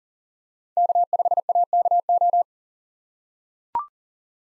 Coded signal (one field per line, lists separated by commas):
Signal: Morse code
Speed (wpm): 38 wpm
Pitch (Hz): 700 Hz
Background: none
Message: K5AKO